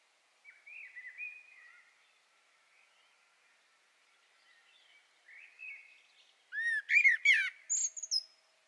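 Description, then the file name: Common blackbird song: quiet warbling at first, then a loud mellow fluted phrase with a high twittering flourish near the end. "Turdus merula"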